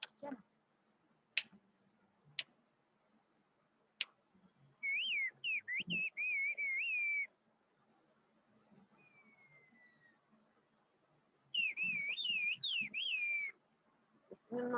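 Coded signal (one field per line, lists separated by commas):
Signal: whistled language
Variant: Turkish kuş dili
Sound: two bursts of loud gliding whistled phrases, rising and falling pitch, with a few clicks between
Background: small room, clicks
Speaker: Marx's is known as the greatest whistler in her village.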